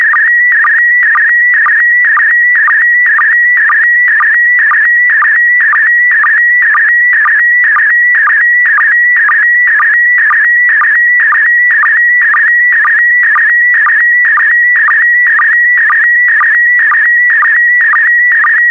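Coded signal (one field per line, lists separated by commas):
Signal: SSTV (slow-scan television)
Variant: PD120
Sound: warbling high tone with a sharp low blip about twice each second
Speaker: transmission complete you can now check your decoded image against the picture that is shown on the video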